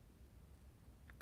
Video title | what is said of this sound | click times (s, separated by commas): Corvair Part 9 Center Console Styrene | There we go. I heard a little click. | 1.1 s, 1.2 s